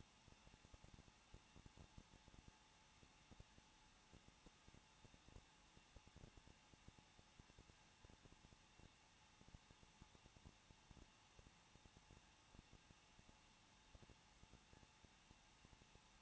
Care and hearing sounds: daily activity, microphone in the room; no activity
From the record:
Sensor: 1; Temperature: 20.1 degrees Celsius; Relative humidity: 39.1%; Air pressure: 1006.4 hPa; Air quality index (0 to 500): 216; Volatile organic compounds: 73 ppm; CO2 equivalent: 3549 ppm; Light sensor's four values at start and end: 1/2/1/1 and 1/2/1/1

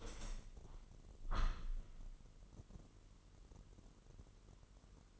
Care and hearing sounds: daily activity, microphone in the room; open window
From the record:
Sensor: 4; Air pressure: 999.0 hPa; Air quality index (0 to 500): 126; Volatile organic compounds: 2 ppm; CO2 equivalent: 1242 ppm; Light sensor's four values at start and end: 8/19/7/8 and 8/19/7/8

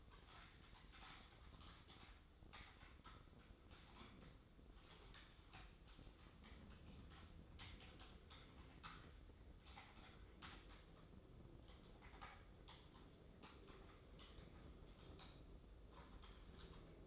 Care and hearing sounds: daily activity, microphone in the room; typing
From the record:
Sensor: 3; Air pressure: 995.3 hPa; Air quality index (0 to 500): 78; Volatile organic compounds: 6 ppm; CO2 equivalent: 1845 ppm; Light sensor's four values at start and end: 18/55/22/20 and 18/55/23/20

